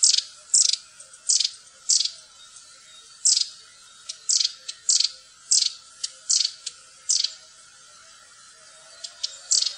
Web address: fuglelyder- stjertmeis